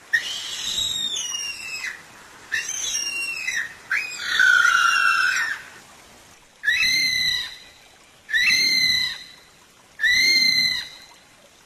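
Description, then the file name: Kiwi calls, a series of shrill, harsh whistled notes with rich overtones, each lasting about a second, with short pauses between them. "canto do passaro kiwi"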